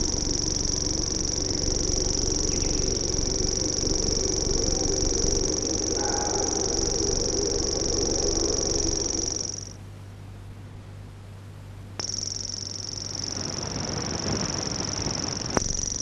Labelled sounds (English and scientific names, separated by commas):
Common Grasshopper Warbler (Locustella naevia) song